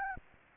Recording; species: mosquito wingbeat signal from an infrared sensor; Anopheles gambiae